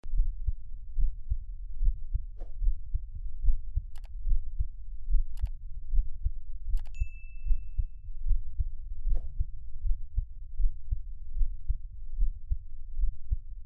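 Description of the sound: Steady low thumping of an adult's own heartbeat, about 74 beats a minute, recorded close up for Taiwanese ASMR with no talking, with a few faint clicks and a brief tone.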